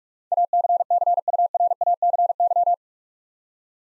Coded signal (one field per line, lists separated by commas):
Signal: Morse code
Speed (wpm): 46 wpm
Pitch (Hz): 700 Hz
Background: none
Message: ACCURACY